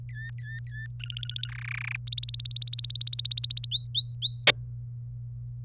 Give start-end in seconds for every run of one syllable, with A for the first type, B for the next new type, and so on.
0.09-0.87 A, 1.00-1.48 B, 1.49-1.96 C, 2.07-3.67 D, 3.71-4.44 E